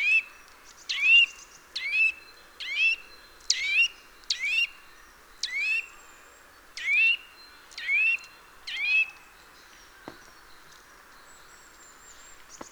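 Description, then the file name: Eurasian nuthatch giving a series of sharp call notes, about a second apart, followed by a couple of faint clicks. "Sitta europaea"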